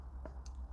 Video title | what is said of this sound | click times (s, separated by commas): Triumph Scrambler/Speed 400 Hugger Extender Fitment. | let's push it in tight. There we go. If you heard it pop, | 0.3 s, 0.5 s